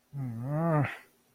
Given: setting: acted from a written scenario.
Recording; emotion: vocal sound without words; disappointment